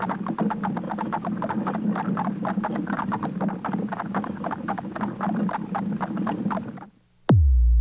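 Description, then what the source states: Horse hooves clop quickly and regularly over a deep rumble of wheels, then stop near the end before a sudden loud click and hum. Two horses pulling a wagon.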